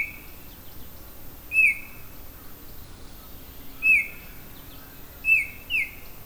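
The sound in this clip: Oriole repeating bright falling notes, four in all, the last two close together, over faint background hiss.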